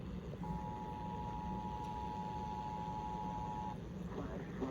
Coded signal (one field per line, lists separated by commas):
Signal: Emergency Alert System (SAME) tones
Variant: 853 and 960 Hz attention tone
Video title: NINE TWELVE WEATHER - EAS Alerts on 9/12/2022 (EAS #250-263)